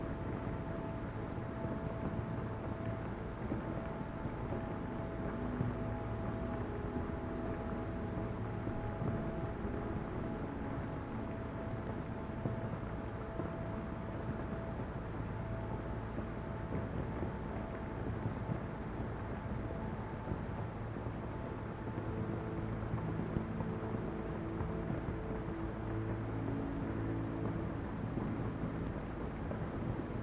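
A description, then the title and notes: Rain falls steadily around and onto an umbrella, a dense, even patter that never lets up. The sound sits mostly low and mid, with a deep rumbling undertone and a few faint steady tones running through the first two-thirds. Rain falls around you as well as on your umbrella.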